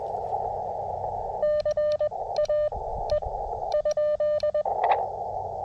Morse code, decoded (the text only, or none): C A E ?